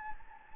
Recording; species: mosquito wingbeat signal from an infrared sensor; Anopheles gambiae